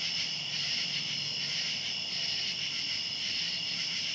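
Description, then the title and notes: Cicadas buzzing in a thick, steady high drone, with a soft low hum beneath. Cicadas recorded outdoors at night. "Ext. Cicadas, Night by Bandeto"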